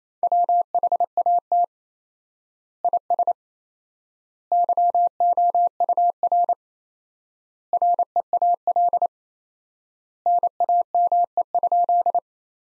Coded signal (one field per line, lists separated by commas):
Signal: Morse code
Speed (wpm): 28 wpm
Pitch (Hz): 700 Hz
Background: none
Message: WHAT IS YOUR REAL NAME?